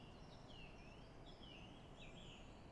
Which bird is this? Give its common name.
Song Thrush